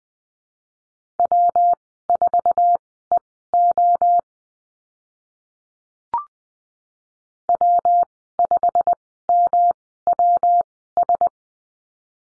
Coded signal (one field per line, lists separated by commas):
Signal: Morse code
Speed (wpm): 20 wpm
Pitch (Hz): 700 Hz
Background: none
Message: W4EO W5MWS